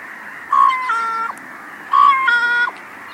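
Bird uttering two reedy, harmonic calls, each a quick clear note leading into a held flat tone, about 1.4 seconds apart amid a constant background bird chorus.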